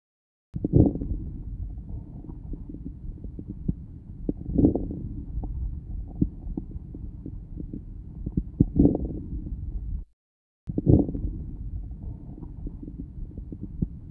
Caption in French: Les crépitants de début d'inspiration. Ils sont peu nombreux et localisés au début de l'inspiration. Ils sont caractéristiques d'une obstruction bronchique sévère.